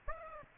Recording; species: mosquito wingbeat signal from an infrared sensor; Aedes aegypti